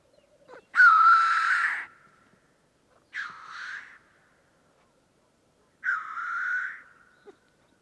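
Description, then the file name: Black grouse giving three separate hoarse hissing calls, the first loudest, each a rough whooshing sneeze lasting about a second, with silence between. "Digiffects Sound Effects Library - Black Grouse Bird"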